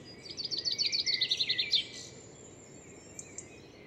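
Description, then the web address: Bird calls in a fast run of high, sharp chirps for nearly two seconds, then a couple of faint notes over steady background hiss. "cianscape birddata Deverinetal 2025 File origin Bird Only"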